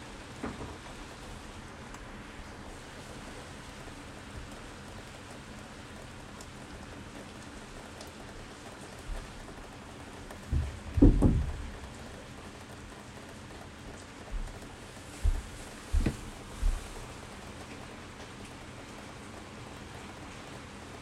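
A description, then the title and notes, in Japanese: Rain falls steadily in a city, a soft even hiss filling the whole clip. Around eleven seconds and again near sixteen, louder low thuds and splashes break through, like heavy drops striking a surface, while a faint low hum sits underneath. 緊急事態宣言中の東京の雨の音。突然降り出した大粒の雨。心地よい雨の音をとりました。（音質は粗め）。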